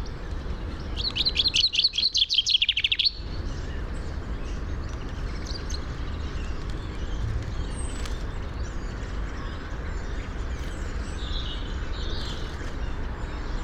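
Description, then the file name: Common chaffinch song: one rapid descending series of bright chipping notes lasting about two seconds and ending in a short flourish, over steady low rumbling noise. "Fringilla coelebs"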